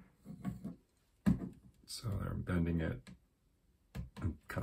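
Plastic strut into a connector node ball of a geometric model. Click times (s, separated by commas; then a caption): 4.5 s. A plastic Zometool strut is bent so its end can be snapped into a plastic connector node ball of a geometric model without removing other struts. Someone talks throughout, and the strut pops into place in the node at 4.5 s.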